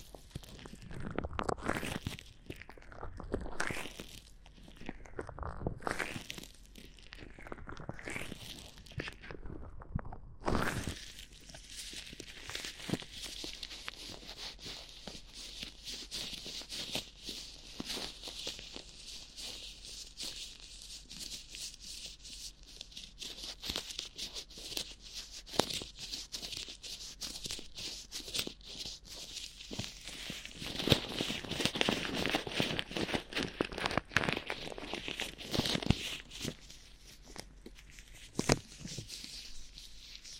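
Glove rubbing and crinkling: slow rising swishes in the first ten seconds, then a dense, steady bright rustle with sharp crackles throughout.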